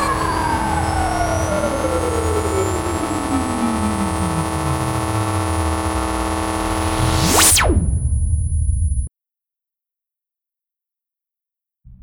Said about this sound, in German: Das Alarmsignal ist verstummt. Weshalb haben Sie nur so einen Brummton gewählt? Sie hätten lieber eine Kirchenglocke an die Decke hängen sollen.